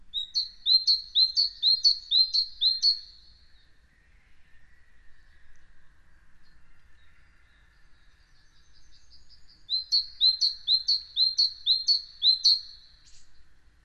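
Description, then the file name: Great tit song: bright two-note phrases repeated rapidly in two bursts of several phrases each, separated by a pause with faint softer sounds. "Parus major"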